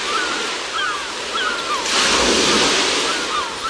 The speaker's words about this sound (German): Naja, hier ein bisschen Sommerstimmung, Möwen und Wellen hier am Strand der Barceloneta von Barcelona.